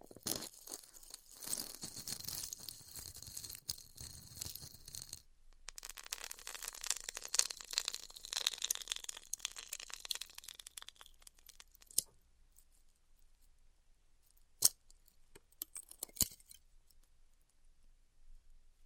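Styrofoam being heat-cut gives a dense crackling hiss for twelve seconds, then near silence broken by sharp clicks around 14.5 and 16 seconds.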